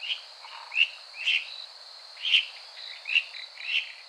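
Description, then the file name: Ryukyu kajika frog giving single sharp high chirps about every half second to one second, over a constant thin background hum. "Buergeria japonicus"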